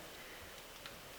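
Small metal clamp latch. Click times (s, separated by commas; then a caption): 0.9 s. A camera with its quick release plate attached is dropped into a Manfrotto monopod head's clamp after the lever is pushed down. Over a steady broadband hiss, a slight little click at 0.9 s marks the plate seating, and it then holds solid.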